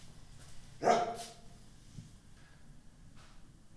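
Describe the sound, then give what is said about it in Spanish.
A single sharp dog bark rings out loudly, followed by a fainter trailing yelp, then quieter background noise with a few faint later sounds. “El grillo me estuvo avisando, el perro me estuvo avisando.”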